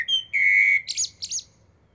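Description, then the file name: Common blackbird song fragment: a short then a longer steady mellow whistled note, followed by two quick high squeaky flourishes. "Turdus merula"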